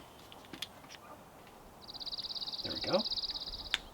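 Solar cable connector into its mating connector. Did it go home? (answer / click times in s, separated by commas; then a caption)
yes / 3.7 s. A plastic MC4-style solar panel cable connector is pushed back into its mating connector while someone talks. Soft handling taps come early, and a steady high-pitched pulsing tone runs from about 1.8 s onward. A sharp click at 3.7 s shows the connector has seated.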